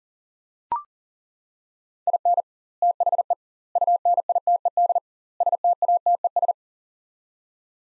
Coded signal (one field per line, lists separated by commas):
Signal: Morse code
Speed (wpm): 40 wpm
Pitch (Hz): 700 Hz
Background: none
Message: IN THE UNITED STATES